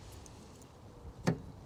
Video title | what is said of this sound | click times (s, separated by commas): Vauxhall Astra mk1: post road-trip repairs | Ah, there we go. Clicked. | 1.3 s